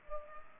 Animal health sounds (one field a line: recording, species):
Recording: mosquito wingbeat signal from an infrared sensor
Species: Culex pipiens